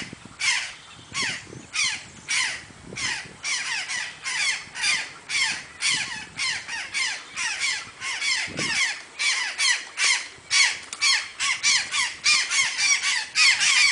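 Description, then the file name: Azure jay making loud, grating squawks repeated almost nonstop, uneven in rhythm. "gralha azul"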